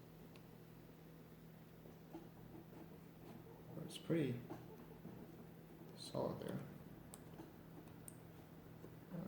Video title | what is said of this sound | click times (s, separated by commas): Swift Adding Machine Repair from Hell | that's not all the way in | 7.1 s, 8.1 s